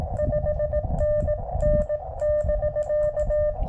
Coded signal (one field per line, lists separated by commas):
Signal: Morse code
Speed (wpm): 17 wpm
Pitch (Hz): 590 Hz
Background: none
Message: 5NN <BK>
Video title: 10m & 15m POTA Activation @ Reed Bingham State Park K-2195 with the Elecraft KX2 & K6ARK random wire